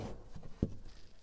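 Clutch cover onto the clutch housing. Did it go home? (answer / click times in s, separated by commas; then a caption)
yes / 0.6 s. The cover of a DURACLUTCH Model 15-520 clutch, with its foam and rubber gasket checked by hand, is pressed onto the clutch housing. A single short, low knock is heard at 0.6 s over a quiet background, as the cover locks into place.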